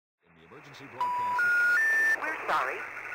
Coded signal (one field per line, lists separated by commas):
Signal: telephone call progress tone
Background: speech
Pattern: special information tone